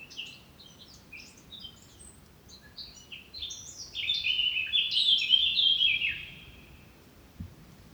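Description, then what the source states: Eurasian Blackcap song: a loud, rich, fast warbling phrase, preceded by scattered high chirps and followed by a soft low thump. Singing in Gorges Chandel on 8 June 2019 with a striking echo from the rock and depth of the gorge; recorded in stereo with MixPre-3 and MKH8020.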